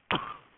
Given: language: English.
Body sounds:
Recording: throat vibration sensor signal played as sound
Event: cough

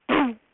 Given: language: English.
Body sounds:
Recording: throat vibration sensor signal played as sound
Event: throat clearing

